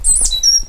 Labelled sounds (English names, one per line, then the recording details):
Stitchbird song
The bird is a male
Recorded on Tiritiri Matangi Island, New Zealand, in 2005
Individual 8, of nest box 10